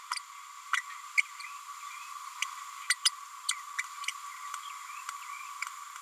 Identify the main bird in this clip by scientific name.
Forpus passerinus